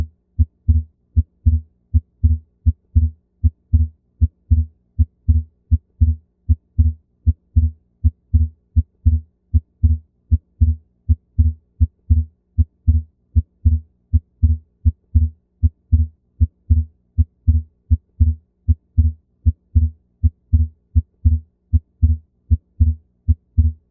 Split S2 Heart Sound. Normally, A2 occurs just before P2, and the combination of these sounds make up S2. A physiologic split S2 occurs when the A2 sound precedes P2 by a great enough distance to allow both sounds to be heard separately.